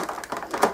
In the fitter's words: just click that and that just reclines so it's nice and easy to push backwards and forwards